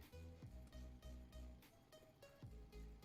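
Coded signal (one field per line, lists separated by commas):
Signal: none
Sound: game's alert beeps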